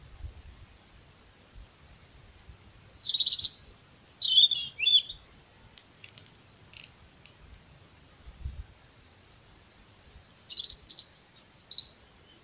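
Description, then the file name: European robin singing two short bursts of sweet, high, tumbling notes several seconds apart, with a continuous thin high-pitched drone behind and faint low rumbles. "Erithacus rubecula"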